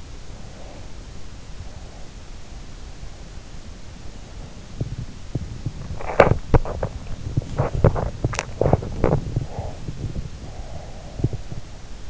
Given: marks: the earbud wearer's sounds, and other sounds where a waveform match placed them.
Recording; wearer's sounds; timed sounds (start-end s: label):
sounds in sleep by an in-ear microphone; breath, body movement
0.37-2.52 s: breath
4.68-12.10 s: body movement
9.60-12.10 s: breath